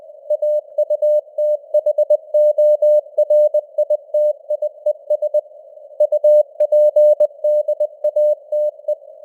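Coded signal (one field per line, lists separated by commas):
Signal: Morse code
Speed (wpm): 20 wpm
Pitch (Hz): 600 Hz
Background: none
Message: AUTHORITIES UPDATE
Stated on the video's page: Simulated Morse news headlines at 20 wpm with simulated radio noise and varying signal strength (QSB).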